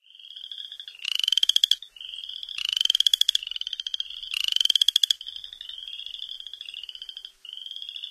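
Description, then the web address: Upland chorus frog calls: rising, rasping pulsed trills about a second long, repeated every one to two seconds over a steady chorus of softer trilling frogs. North America. "Songs of Frogs Toads of North America. Upland Chorus Frog"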